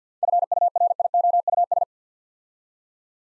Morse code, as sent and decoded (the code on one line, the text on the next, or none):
..-. ..- .-. .. --- ..- ...
FURIOUS